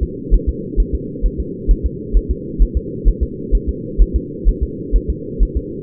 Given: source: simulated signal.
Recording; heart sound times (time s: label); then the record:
fetal heart sounds
0.03 s: S2
0.34 s: S1
0.49 s: S2
0.80 s: S1
0.95 s: S2
1.26 s: S1
1.40 s: S2
1.71 s: S1
1.86 s: S2
2.17 s: S1
2.31 s: S2
2.62 s: S1
2.77 s: S2
3.08 s: S1
3.23 s: S2
3.55 s: S1
3.69 s: S2
4.02 s: S1
4.16 s: S2
4.49 s: S1
4.63 s: S2
4.96 s: S1
5.10 s: S2
5.43 s: S1
5.57 s: S2
From the record:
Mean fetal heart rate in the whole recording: 130 bpm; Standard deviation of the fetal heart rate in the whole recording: 2 bpm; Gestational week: 36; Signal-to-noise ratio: -4.1 dB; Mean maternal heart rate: no maternal heart sound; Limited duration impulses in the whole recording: absent